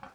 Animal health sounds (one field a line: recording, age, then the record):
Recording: pig call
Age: piglet (1 to 25 days)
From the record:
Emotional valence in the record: positive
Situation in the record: short reunion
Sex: male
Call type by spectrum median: low-frequency call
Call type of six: low-frequency tonal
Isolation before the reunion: 3 minutes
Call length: 0.15 s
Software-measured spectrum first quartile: 629 Hz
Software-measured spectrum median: 944 Hz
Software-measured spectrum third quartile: 1451 Hz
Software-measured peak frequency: 827 Hz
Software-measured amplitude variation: 130 dB a second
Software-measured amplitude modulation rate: 10.2 a second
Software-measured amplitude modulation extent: 12.7 dB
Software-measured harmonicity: -0.7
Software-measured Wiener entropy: -0.27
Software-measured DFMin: 700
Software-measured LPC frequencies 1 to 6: 823, 1392, 2341, 3183, 4428, 5358 Hz